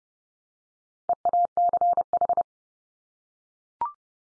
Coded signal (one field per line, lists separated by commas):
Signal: Morse code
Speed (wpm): 30 wpm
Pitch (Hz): 700 Hz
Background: none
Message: EACH